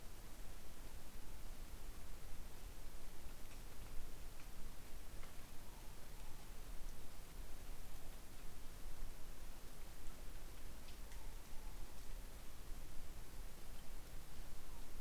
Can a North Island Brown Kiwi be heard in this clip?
no